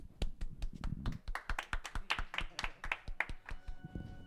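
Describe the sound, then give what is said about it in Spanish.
A short round of applause at Onicius Club during a live radio special on a band, thanking the helpers: quick, uneven hand claps from a small group, sharp and fairly loud, lasting a few seconds without any voices over it. “Muchísimas gracias, chicos. Un aplauso.”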